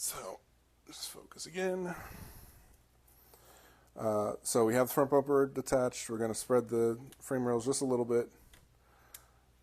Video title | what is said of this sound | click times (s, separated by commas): Updated LCG Set For SCX24 Install Video 2026 | and it pops right into place there. | 9.1 s